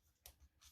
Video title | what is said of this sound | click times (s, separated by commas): HOW TO - Gen 8 Reassembly - Gel Blaster | Now a little test, just test with the safety around till you hear a big click, and | 0.3 s